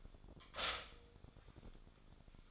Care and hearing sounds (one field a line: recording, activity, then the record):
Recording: daily activity, microphone in the room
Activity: stop toaster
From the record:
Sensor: 5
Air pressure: 1004.3 hPa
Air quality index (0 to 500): 167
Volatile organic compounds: 4 ppm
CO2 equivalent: 1566 ppm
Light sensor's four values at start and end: 33/107/40/41 and 33/108/40/41